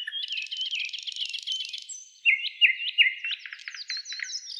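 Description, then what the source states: Nightingale song: a dense buzzy rattle followed by loud repeated slurred whistles and a brisk series of short notes. Trill.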